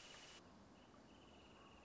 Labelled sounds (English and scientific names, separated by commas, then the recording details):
Wrentit (Chamaea fasciata)
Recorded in Sonoma County, California